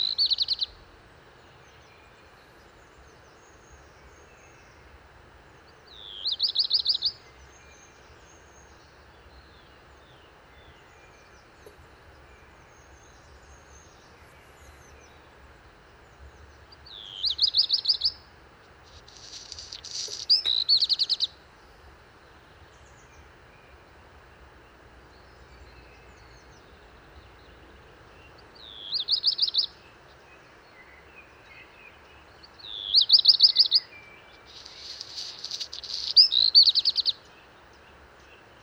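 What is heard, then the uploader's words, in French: A black redstart sings from a high perch in short, bright, scratchy phrases of about a second, repeated every few seconds with longer pauses between some. Each burst stands out clearly against a soft, steady low rumble of background noise. Val Maravel - Drôme - Parabole Wildtronic-2X mkh8020 - mixpre 3. Suis accueilli dès bon matin pour le chant du Rouge-queue noir (Phoenicurus ochruros) perché au sommet d'un grand tilleul. J'adore cette retrouvaille avec son chant chiffonné.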